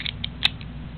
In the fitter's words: click like so